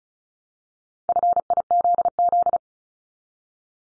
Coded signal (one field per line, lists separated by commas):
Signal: Morse code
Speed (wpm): 36 wpm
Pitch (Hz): 700 Hz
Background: none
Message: FIZZ